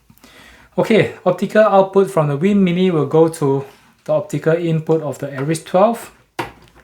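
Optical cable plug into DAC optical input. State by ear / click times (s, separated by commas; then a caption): seated / 6.4 s. Someone talks while the optical (Toslink) cable plug from a WiiM Mini streamer's optical output is pushed into the optical input of a Denafrips DAC. A sharp click comes at 6.4 s as the plug seats in the input, and the connection is good to go.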